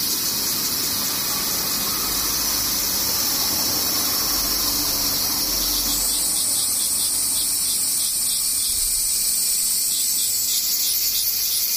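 Cicadas drone steadily throughout, a dense, bright, unbroken buzzing high up with a faint rhythmic pulsing. Around six seconds a thin, even higher whine joins and holds until about ten and a half seconds. A soft low rumble runs underneath.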